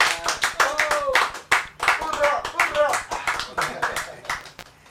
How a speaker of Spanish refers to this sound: Los aplausos, chiquillos.